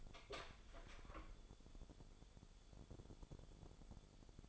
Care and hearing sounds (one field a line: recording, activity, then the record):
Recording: daily activity, microphone in the room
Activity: open door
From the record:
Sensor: 5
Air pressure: 1015.2 hPa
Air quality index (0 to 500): 220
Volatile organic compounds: 13 ppm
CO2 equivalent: 2384 ppm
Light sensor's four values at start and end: 35/80/32/31 and 35/80/32/31